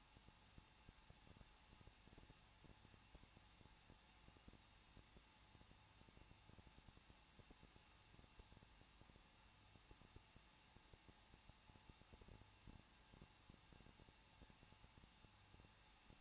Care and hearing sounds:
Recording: daily activity, microphone in the room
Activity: no activity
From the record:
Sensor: 1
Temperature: 20.1 degrees Celsius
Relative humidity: 39.1%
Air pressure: 1006.3 hPa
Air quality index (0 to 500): 217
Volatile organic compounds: 75 ppm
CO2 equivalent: 3566 ppm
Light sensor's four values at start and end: 1/2/1/1 and 1/2/1/1

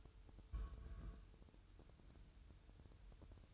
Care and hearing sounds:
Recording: daily activity, microphone in the room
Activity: place on stove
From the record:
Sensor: 2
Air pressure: 988.1 hPa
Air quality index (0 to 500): 191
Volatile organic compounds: 187 ppm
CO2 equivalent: 4167 ppm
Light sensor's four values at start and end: 21/70/28/26 and 21/70/28/26

